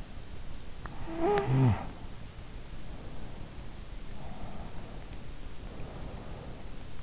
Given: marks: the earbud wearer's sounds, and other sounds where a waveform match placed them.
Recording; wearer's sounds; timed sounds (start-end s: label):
sounds in sleep by an in-ear microphone; snoring breath, breath
0.73-2.22 s: snoring breath
3.85-6.99 s: breath